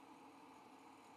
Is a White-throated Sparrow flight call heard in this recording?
no